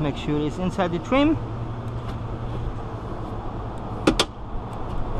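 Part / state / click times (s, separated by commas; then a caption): rear door glass or its clip going into the door trim or channel / seated / 4.1 s, 4.2 s. Someone talks while fitting the left rear outside door glass of a 2019 F350 without taking off the door panel, pushing the part so it sits inside the trim. A steady low hum runs under the voice, then a sharp double click at 4.1 and 4.2 seconds marks the part seating in place.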